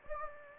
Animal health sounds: mosquito wingbeat signal from an infrared sensor; Anopheles gambiae

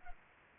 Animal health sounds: mosquito wingbeat signal from an infrared sensor; Culex pipiens

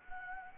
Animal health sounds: mosquito wingbeat signal from an infrared sensor; Anopheles gambiae

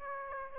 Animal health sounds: mosquito wingbeat signal from an infrared sensor; Aedes aegypti

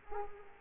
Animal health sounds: mosquito wingbeat signal from an infrared sensor; Culex quinquefasciatus

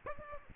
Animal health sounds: mosquito wingbeat signal from an infrared sensor; Aedes aegypti

